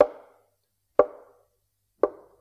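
Three knocks, evenly spaced about a second apart, each a dull, solid thud that dies away quickly, with silence in between and no voices.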